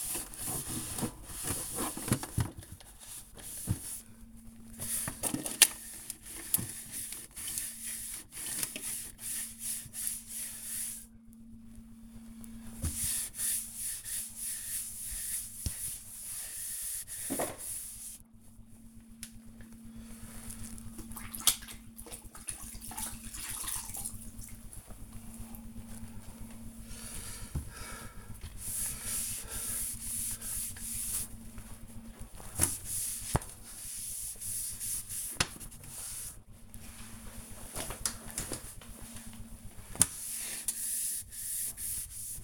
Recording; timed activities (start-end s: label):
household activities, microphone on the right wrist
0.00-42.44 s: cleaning the cupboard